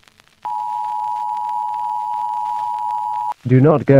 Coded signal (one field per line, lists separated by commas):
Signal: Emergency Alert System (SAME) tones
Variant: 853 and 960 Hz attention tone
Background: speech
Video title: [EAS] They are waiting outside -Original